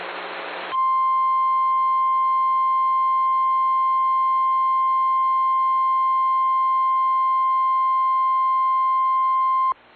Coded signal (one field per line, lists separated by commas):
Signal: Emergency Alert System (SAME) tones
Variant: 1050 Hz attention tone